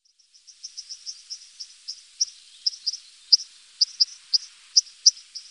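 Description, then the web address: White-throated dipper giving a steady series of sharp, high clicking notes, several each second, that grow louder over a soft background hiss. "Faglar Sound Stromstare"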